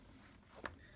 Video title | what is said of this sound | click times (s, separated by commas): Stigo Electric Scooter UK Review | Well, there we go, clicks into place. | 0.7 s